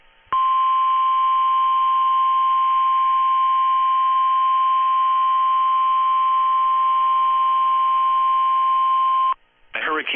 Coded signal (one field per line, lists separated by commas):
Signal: Emergency Alert System (SAME) tones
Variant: 1050 Hz attention tone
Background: speech